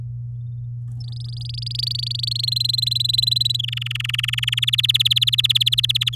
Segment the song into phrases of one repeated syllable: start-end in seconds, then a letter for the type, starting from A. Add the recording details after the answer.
1.00-2.29 A, 2.31-3.57 B, 3.59-4.60 C, 4.62-6.16 D. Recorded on 10 May 2018 at 12:57. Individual llb16